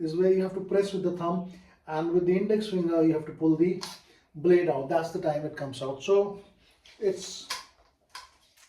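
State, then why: Seated. Someone talks while a Gerber Strongarm fixed-blade knife's blade is pushed back into its plastic sheath, worn in vertical carry. The sheath lock engages with a short, sharp click at 8.2 s, and the knife is seated and locked in place.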